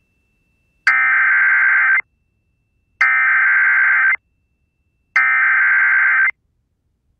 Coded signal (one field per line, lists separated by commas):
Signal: Emergency Alert System (SAME) tones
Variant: header bursts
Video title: EAS PDS Tornado Warning Madisonville, Kentucky (Large Tornado on the Ground!) NOAA Weather Radio